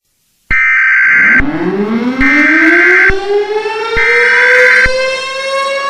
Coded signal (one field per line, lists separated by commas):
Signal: Emergency Alert System (SAME) tones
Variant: header bursts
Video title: Koopas Part 1 - Tt inc. Original Video Game EAS Mock